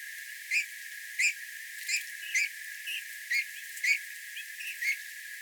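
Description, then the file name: Eurasian bullfinch calling with brief, mellow piped whistles repeated roughly every half to one second, some notes softer, against constant faint hiss. "Pyrrhula pyrrhula"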